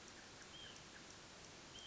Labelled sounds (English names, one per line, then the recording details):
Hutton's Vireo
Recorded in Sonoma County, California